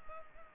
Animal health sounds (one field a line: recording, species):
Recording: mosquito wingbeat signal from an infrared sensor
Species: Culex pipiens